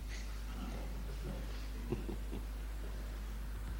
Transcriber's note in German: Lachen im Publikum